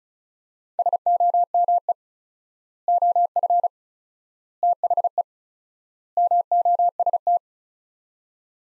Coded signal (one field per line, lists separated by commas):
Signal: Morse code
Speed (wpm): 36 wpm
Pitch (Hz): 700 Hz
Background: none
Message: SOME OF THE MOST